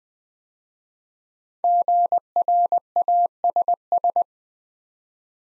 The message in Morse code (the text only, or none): GRASS